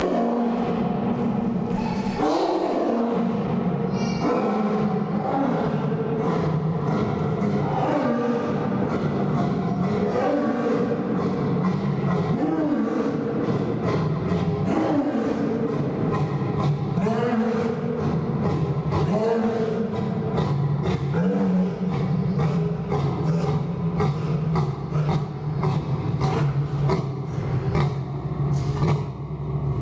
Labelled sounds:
Lion (Panthera leo) call
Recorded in captivity
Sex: pair
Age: adult
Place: Zoo Halle, Sachsen-Anhalt, DE
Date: 1997-03-22 16:26
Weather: Schnee bis Regen, um 0°C
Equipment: Sony MD-WM MZ-R3, Sennheiser MKH 416 T, Kopie Uher 4000 Report Monitor
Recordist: Tembrock, Günter

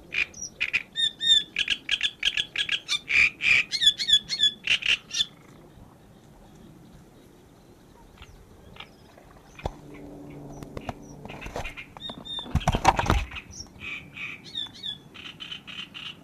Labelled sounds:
Great Reed Warbler (Acrocephalus arundinaceus) song
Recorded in the wild
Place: Anhauser Weiher, DE
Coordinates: 48.8458, 10.6578
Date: 1969-06-22
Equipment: Uher Report 4000, AKG D190
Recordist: Krey, Winfried

